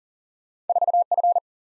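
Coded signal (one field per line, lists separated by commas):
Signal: Morse code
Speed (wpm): 52 wpm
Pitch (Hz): 700 Hz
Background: none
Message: 4F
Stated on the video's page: Speed-Racing practice of two-character letter-number combinations, starting at 40 wpm and slowing to a base speed, with a final repeat at maximum speed.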